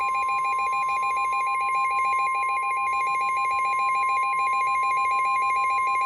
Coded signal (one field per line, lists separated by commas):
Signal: Emergency Alert System (SAME) tones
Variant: 1050 Hz attention tone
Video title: A 5% Flop - EAS Alerts from 5/30/25 || EAS 1,808-1,822